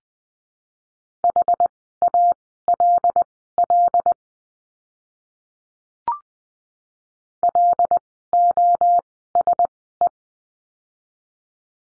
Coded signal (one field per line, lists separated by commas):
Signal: Morse code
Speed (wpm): 20 wpm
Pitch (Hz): 700 Hz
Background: none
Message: HALL LOSE